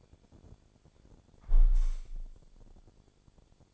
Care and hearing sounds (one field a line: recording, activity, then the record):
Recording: daily activity, microphone in the room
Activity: close window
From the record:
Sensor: 5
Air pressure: 1000.5 hPa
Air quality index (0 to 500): 156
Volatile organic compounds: 2 ppm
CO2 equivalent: 1195 ppm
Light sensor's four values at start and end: 39/92/38/41 and 39/92/38/41